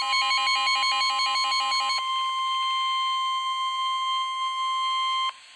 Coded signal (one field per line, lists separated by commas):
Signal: Emergency Alert System (SAME) tones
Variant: 1050 Hz attention tone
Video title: EAS Compilation 3/30/22 (EAS #213-220) First EAS Compilation!!!